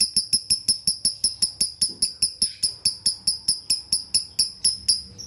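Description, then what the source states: Lovebird-type high, squeaky chips repeated steadily about four times per second with little variation, against a faint low hum. Lovebird masteran (training) track in the konslet singing style.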